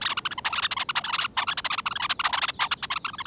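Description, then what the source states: Red-necked Phalarope calls: a rapid, continuous chatter of short twittering notes, run together in dense busy bursts. Played in a BirdNote radio segment.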